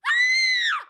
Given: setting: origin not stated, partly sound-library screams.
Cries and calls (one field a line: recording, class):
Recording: one-second piece from a danger detection set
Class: woman in danger